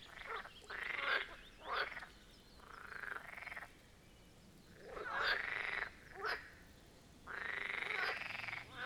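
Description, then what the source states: Marsh frogs croaking in a chorus, rattling bursts of about a second alternating with short sharp croaks, pausing briefly between outbursts. Chorus of marsh frogs at the Birkensee in Schönbuch, Germany, recorded on one of the first hot summer days of 2023.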